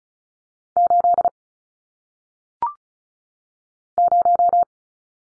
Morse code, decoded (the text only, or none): 8 0